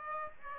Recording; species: mosquito wingbeat signal from an infrared sensor; Aedes aegypti